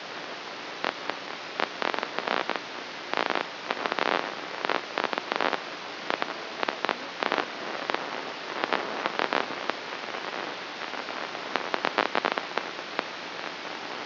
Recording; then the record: brain microelectrode recording played as sound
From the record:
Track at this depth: inside the subthalamic nucleus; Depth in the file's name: 0.735 mm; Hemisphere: right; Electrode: 3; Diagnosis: Parkinson's disease